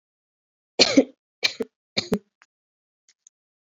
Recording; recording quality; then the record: shallow voluntary cough; excellent, no background noise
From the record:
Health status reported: exposed to COVID-19, no respiratory illness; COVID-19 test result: not tested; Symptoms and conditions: cough, breathing difficulty, fever, fatigue, muscle pain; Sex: female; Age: 25 years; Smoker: not ticked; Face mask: not worn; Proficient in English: yes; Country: India